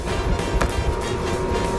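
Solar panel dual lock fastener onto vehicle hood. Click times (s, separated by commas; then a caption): 0.6 s. A solar panel is pressed down along its edge onto a vehicle hood so its dual lock fastener strips engage. Over a steady background with a faint tonal hum, one short, sharp click sounds at 0.6 s. The dual lock fastener clicks engaged, and the panel is seated.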